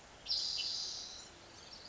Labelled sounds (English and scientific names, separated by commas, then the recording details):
Spotted Towhee (Pipilo maculatus)
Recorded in Sonoma County, California